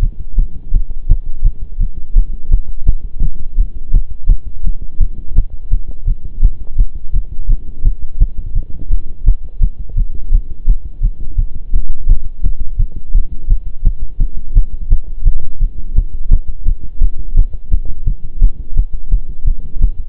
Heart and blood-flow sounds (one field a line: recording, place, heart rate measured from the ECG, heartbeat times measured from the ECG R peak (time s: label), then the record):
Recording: heart sounds by stethoscope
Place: between the tricuspid and mitral areas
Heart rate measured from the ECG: 170 bpm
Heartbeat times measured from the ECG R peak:
0.03 s: heartbeat
0.38 s: heartbeat
0.73 s: heartbeat
1.10 s: heartbeat
1.45 s: heartbeat
1.80 s: heartbeat
2.16 s: heartbeat
2.51 s: heartbeat
2.87 s: heartbeat
3.22 s: heartbeat
3.58 s: heartbeat
3.94 s: heartbeat
4.29 s: heartbeat
4.64 s: heartbeat
5.00 s: heartbeat
5.36 s: heartbeat
5.71 s: heartbeat
6.07 s: heartbeat
6.43 s: heartbeat
6.78 s: heartbeat
7.14 s: heartbeat
7.49 s: heartbeat
7.85 s: heartbeat
8.20 s: heartbeat
8.55 s: heartbeat
8.91 s: heartbeat
9.26 s: heartbeat
9.62 s: heartbeat
9.97 s: heartbeat
10.32 s: heartbeat
10.68 s: heartbeat
11.03 s: heartbeat
11.38 s: heartbeat
11.73 s: heartbeat
12.09 s: heartbeat
12.44 s: heartbeat
12.79 s: heartbeat
13.14 s: heartbeat
13.50 s: heartbeat
13.85 s: heartbeat
14.20 s: heartbeat
14.56 s: heartbeat
14.91 s: heartbeat
15.26 s: heartbeat
15.61 s: heartbeat
15.96 s: heartbeat
16.31 s: heartbeat
16.66 s: heartbeat
17.01 s: heartbeat
17.37 s: heartbeat
17.72 s: heartbeat
18.07 s: heartbeat
18.42 s: heartbeat
18.77 s: heartbeat
19.12 s: heartbeat
19.46 s: heartbeat
19.82 s: heartbeat
From the record:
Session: pedaling a stationary bicycle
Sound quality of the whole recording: partially saturated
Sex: male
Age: 23 years